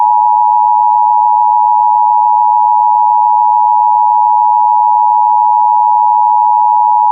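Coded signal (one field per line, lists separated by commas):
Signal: Emergency Alert System (SAME) tones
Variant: 853 and 960 Hz attention tone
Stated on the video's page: Oklahoma statewide Required Monthly Test tones on AM station KFAQ, Tulsa.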